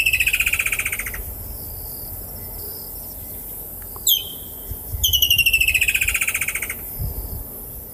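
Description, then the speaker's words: Woodland Kingfisher call: a rapid trill, then a sharp high note, then a longer trill sliding downward, against quiet background hiss. Distinctive sound in southern Africa. "The most well-known is the call of the woodland kingfisher. It is a distinctive sound in southern Africa. Let's listen to its call briefly."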